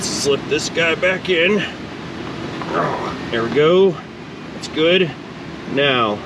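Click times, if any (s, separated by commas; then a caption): none. A retainer ring on the quick-connect coupling of a larger-diameter turbo intake pipe is handled as the pipe is slipped back into place during an intake upgrade on a 2020 L5P Duramax 6.6 Silverado diesel pickup. Someone talks over light handling noise and a steady background hum. Nothing has seated or clicked yet.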